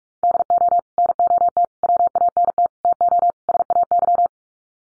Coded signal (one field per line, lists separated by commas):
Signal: Morse code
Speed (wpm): 44 wpm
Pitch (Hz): 700 Hz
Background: none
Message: DO NOT WANT TO SAY